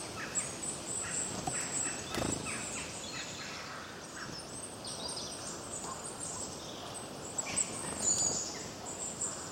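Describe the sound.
Birds chirping, several high thin chirps and short trills scattered throughout over a constant hiss, with a few soft knocks.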